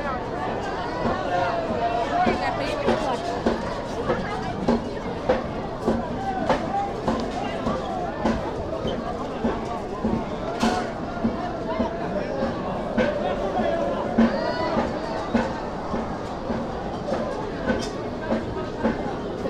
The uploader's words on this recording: A recording made at Beiyuanmen Night Market, Xi'an, Shaanxi Province, China.